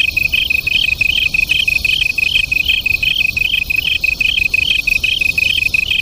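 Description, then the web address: Japanese tree cricket duet: a steady trill with a higher, rhythmically pulsed trill layered above it, repeating roughly three times a second. Local name kantan; two crickets singing as a duet. "sikioto insect kantanduet"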